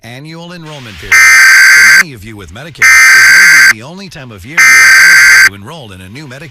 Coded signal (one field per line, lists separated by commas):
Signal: Emergency Alert System (SAME) tones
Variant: header bursts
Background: speech